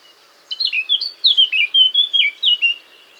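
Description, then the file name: Eurasian blackcap delivering a loud, clear warbled phrase of many quick fluty notes, rising and dipping, lasting a little over two seconds. "Sylvia atricapilla"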